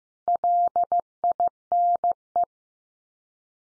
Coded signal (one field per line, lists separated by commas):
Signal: Morse code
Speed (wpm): 15 wpm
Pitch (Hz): 700 Hz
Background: none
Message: LINE